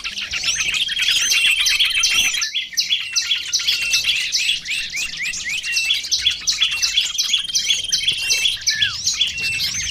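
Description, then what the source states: Lovebird giving continuous high-pitched chirping in quick squeaky notes, with a brief pause and a falling whistled slur. Lure call used for trapping lovebirds.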